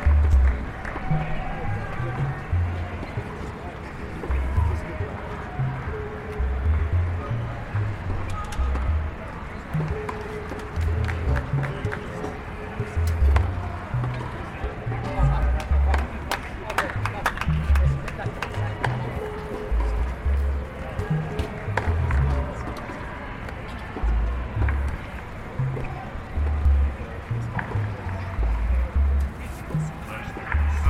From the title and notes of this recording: This is my annual exploration of sounds from the US Open Tennis tournament, held in New York at the end of each Summer.